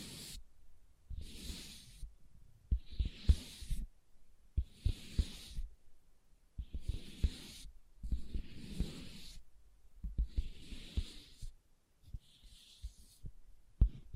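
Leather being tapped and scratched in repeated bursts about every second or two, with soft low thumps and a bright scratchy hiss.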